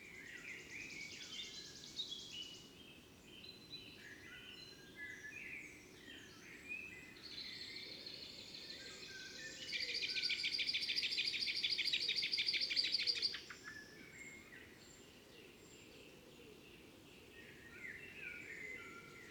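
Morning birdsong near a fox den: many birds chirp and whistle over a steady low rumble. A dense, bright trilling burst builds around seven seconds and peaks loudest from about ten to thirteen seconds, then fades back to scattered calls and twitters.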